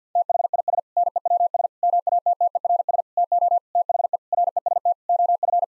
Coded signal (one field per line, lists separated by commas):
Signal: Morse code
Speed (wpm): 50 wpm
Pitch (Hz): 700 Hz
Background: none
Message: THIS NEWS MATTERS TO THE REST OF